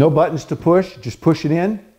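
A man talks while the fence of a Festool Domino 500 wood-joining machine is pushed by hand back onto its two shafts into the sleeves, with no buttons needed. Nothing has seated or clicked yet; the clip ends just before the fence locks home.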